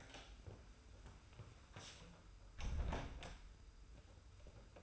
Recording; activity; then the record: daily activity, microphone in the room; close door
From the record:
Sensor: 2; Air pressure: 991.4 hPa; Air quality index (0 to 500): 155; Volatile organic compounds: 560 ppm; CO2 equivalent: 4894 ppm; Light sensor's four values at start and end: 35/101/40/38 and 35/101/40/38